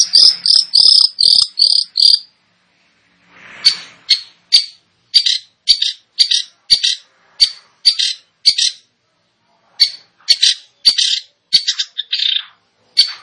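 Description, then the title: Long-tailed shrike song: a quick run of scratchy buzzy notes, a brief pause, then a long series of harsh chirps. "Cendet Gacor"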